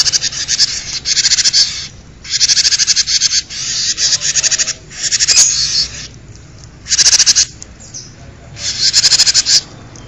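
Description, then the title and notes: Bird producing a long series of harsh, chattering pulsed bursts, about one per second, separated by short quiet breaks. "Bird Sound. Kicau Burung Lengkap"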